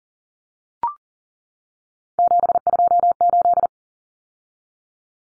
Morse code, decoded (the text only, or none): 728